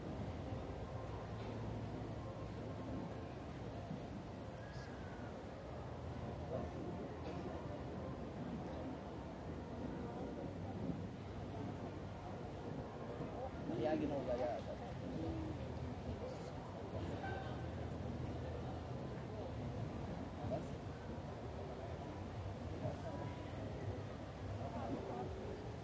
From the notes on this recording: the vibrant mix of people passing by, fragments of conversations, distant Blaskapelle, and the distant sounds of football and badminton matches